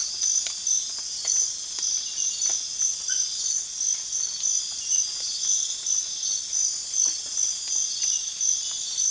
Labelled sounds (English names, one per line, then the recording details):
none
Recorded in pastures near Puerto Asís, Putumayo, Colombia, on 30 June 2025 at 04:00
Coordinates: 0.502, -76.324
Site G010